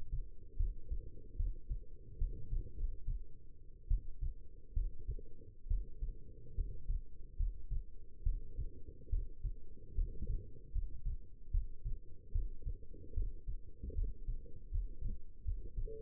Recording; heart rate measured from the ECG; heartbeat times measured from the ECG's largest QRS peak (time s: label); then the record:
heart sounds by stethoscope; 73 bpm
0.56 s: heartbeat
1.36 s: heartbeat
2.18 s: heartbeat
2.75 s: heartbeat
3.88 s: heartbeat
4.73 s: heartbeat
5.67 s: heartbeat
6.54 s: heartbeat
7.36 s: heartbeat
8.23 s: heartbeat
9.09 s: heartbeat
9.94 s: heartbeat
10.72 s: heartbeat
11.51 s: heartbeat
12.32 s: heartbeat
13.14 s: heartbeat
13.94 s: heartbeat
14.71 s: heartbeat
15.44 s: heartbeat
From the record:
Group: healthy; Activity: rest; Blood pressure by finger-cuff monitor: 117/71 mmHg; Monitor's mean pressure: 85 mmHg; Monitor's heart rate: 73 bpm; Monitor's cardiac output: 6.3 L/min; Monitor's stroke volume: 87 mL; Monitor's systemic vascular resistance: 970 dyn s/cm5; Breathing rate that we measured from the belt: 16 breaths a minute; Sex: female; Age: 22 years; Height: 171 cm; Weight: 65.6 kg